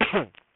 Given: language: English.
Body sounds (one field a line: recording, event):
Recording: throat vibration sensor signal played as sound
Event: cough